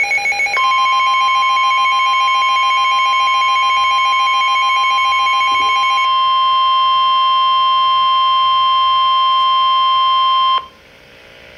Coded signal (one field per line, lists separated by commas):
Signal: Emergency Alert System (SAME) tones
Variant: 1050 Hz attention tone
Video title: Severe T-Storm Warning [EAS #243] 7/10/13